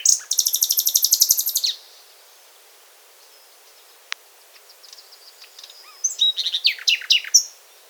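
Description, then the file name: Common nightingale singing a fast, buzzy rattle of evenly repeated notes, a single click, soft scattered notes, then a lively phrase of varied chirps and whistles. "Luscinia megarhynchos"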